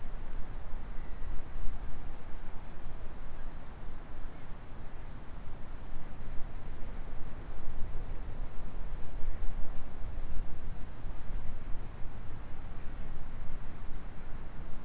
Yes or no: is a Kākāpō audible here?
no